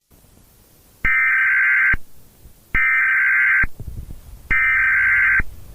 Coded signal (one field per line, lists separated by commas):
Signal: Emergency Alert System (SAME) tones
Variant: header bursts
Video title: Cloud Fall | EAS Scenario